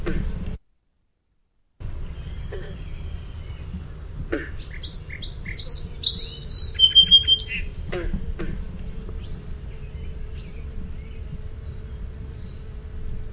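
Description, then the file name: Song sparrow singing one song midway: sharp opening notes, a jumble of high notes and a fast trill, with a brief silent gap early and soft background hum. "SOSP song"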